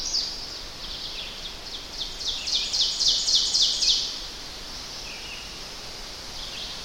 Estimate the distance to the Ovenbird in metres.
about 15 m